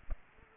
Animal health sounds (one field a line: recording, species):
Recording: mosquito wingbeat signal from an infrared sensor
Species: Aedes aegypti